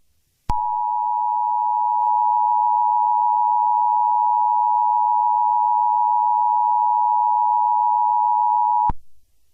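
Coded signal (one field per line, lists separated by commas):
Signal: Emergency Alert System (SAME) tones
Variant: 853 and 960 Hz attention tone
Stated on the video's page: Fictional EAS scenario.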